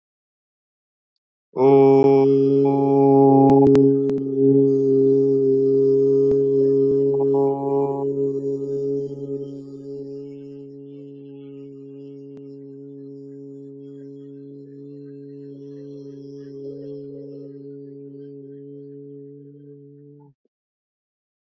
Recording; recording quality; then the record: sustained vowel as in boot; excellent, no background noise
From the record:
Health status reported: exposed to COVID-19, no respiratory illness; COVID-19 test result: negative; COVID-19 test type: RT-PCR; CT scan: not taken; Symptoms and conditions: none ticked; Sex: male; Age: 23 years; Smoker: no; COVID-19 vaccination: both doses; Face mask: worn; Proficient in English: yes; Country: India